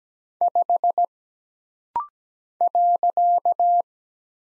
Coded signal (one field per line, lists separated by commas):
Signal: Morse code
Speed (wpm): 17 wpm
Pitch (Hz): 700 Hz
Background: none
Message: 5 .